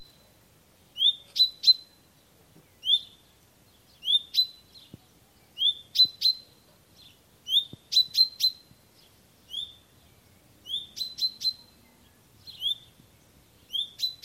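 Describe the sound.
Common chaffinch giving short, sharp calls, singly or in quick groups of two or three, repeated every second or two; background otherwise quiet.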